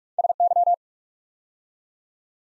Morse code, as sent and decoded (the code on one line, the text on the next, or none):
... -.--
SY